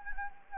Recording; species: mosquito wingbeat signal from an infrared sensor; Anopheles gambiae